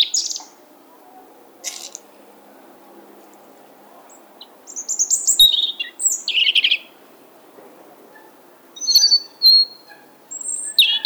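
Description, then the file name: European robin singing short, separate phrases of high thin whistles and trills with quiet gaps between them, over a steady low background hum. "Erithacus rubecula"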